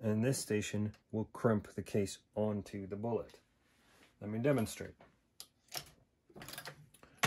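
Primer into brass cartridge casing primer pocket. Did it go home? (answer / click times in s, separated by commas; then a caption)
yes / 7.2 s. Someone talks while a progressive reloading press handle is cycled, with a few light mechanical ticks between about 5.4 and 6.7 seconds. At 7.2 seconds a sharp little click sounds as a primer is pressed into the primer pocket of a brass cartridge casing, and the primer seats.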